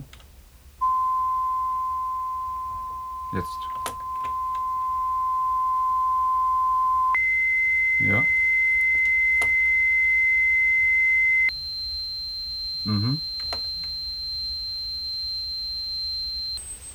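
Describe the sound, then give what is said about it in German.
Hearing test tones played during a hearing test, starting on the right side: three steady, pure electronic tones held for several seconds each, stepping up in pitch from one to the next, with a couple of brief spoken words in between. “Klingelt das Ohr oder ist es schon der Ton?”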